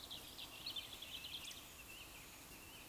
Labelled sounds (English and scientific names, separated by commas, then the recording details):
Eurasian Woodcock (Scolopax rusticola) whistle
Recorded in Baden-Württemberg, Germany, on 11 June 2021 at 19:54 UTC
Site 24608, 624 m above sea level